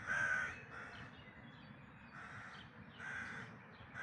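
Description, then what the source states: Bird giving a few raspy caws, the first loudest, the rest softer. Dawn chorus recorded in May 2026.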